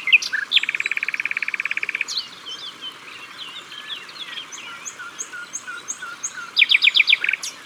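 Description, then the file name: Common nightingale song opening with a fast rattling trill of evenly repeated notes, then quieter varied phrases, ending with a loud series of sharp repeated notes. At the water's edge. "Rossignol philomele Au bord de leau"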